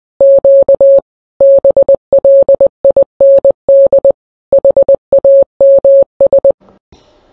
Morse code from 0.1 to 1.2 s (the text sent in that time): Q